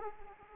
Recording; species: mosquito wingbeat signal from an infrared sensor; Anopheles arabiensis